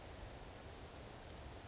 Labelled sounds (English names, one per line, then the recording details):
California Towhee
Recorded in Sonoma County, California